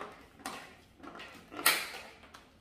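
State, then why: Seated. A section of an LED corner floor lamp pole is aligned and pushed into the adjoining section. A softer knock comes at about 0.5 s, then a sharp, bright pop at 1.7 s as the section pops into place and is seated.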